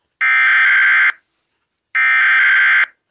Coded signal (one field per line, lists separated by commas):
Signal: Emergency Alert System (SAME) tones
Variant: header bursts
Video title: EAS Complation for 4/12/2023 (EAS#708-716)